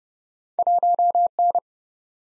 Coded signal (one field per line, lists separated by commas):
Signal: Morse code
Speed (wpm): 38 wpm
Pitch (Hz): 700 Hz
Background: none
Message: 1 N